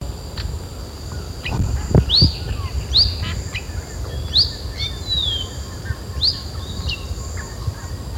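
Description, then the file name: Epaulet oriole giving several short, sharp upslurred whistled notes against a steady high insect drone and low background rumble. "Icterus cayanensis - Epaulet Oriole"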